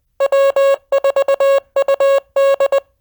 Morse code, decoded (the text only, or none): W4UD